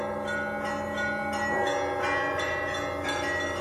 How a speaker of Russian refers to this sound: Когда архиерей садился в карету, чтобы ехать домой, то по всему саду, освещенному луной, разливался веселый, красивый звон дорогих тяжелых колоколов.